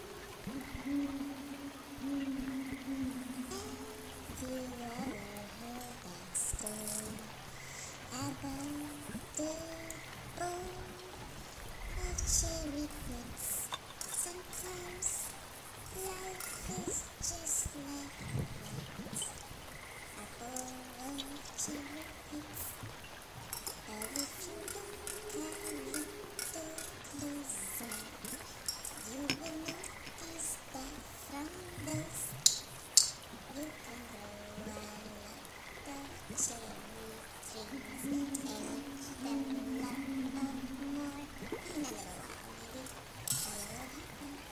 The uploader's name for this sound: Night Sounds from the woods and water and other weird animals